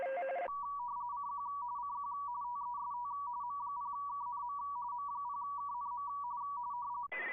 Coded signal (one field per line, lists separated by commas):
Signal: RTTY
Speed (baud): 45.45 baud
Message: CQ CQ TEST M0KNM M0KNM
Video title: CQ WW RTTY Contest Livestream 28/09/24